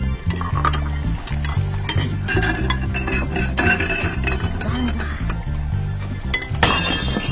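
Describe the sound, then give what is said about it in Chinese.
Dishes clink and clatter in quick, irregular taps while being washed, over steady background music with a stepping bass line; a brighter, louder burst of clatter comes near the end. “快，先刷碗。”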